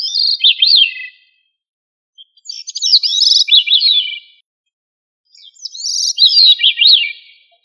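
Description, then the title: Thrush song in three separate phrases with short pauses between, each a quick run of high, sliding, slurred whistled notes with some buzzy trills. No other sounds are heard. "Familia Turdidae - Sabia"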